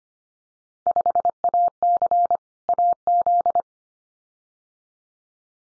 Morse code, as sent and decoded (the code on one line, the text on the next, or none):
..... .- -.-. / .- --..
5AC AZ